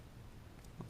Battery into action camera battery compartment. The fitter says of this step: kind of a little satisfying click I always like that whenever I'm working